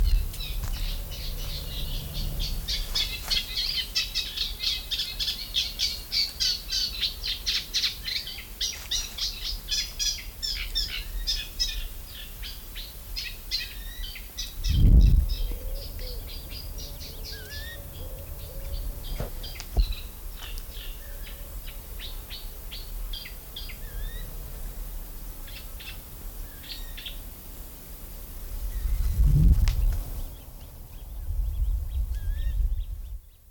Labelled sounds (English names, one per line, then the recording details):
Eurasian Reed Warbler
Eurasian Coot
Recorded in the wild
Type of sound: call, call sequence, twittering
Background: Fulica atra
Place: Mühlenbecker See, Brandenburg, DE
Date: 1995-07-29 19:00
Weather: heiter, 24°C
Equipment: Sony WM-D6C, Sennheiser ME 80, Kopie Uher 4000 Report Monitor
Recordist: Tembrock, Günter
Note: Gesang und Laute flügger Jungvögel